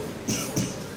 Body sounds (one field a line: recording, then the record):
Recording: coughing mixed with background sound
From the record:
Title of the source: Spring Cold Coughing.